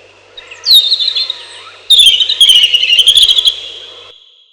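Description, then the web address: European robin song: a thin high falling note, a pause, then a long rapid jingling trill of high notes lasting over a second. "relax birds малиновка"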